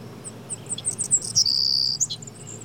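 Bird calls: a series of high, thin chirps and a sustained bright whistle lasting about half a second, over a low background rumble.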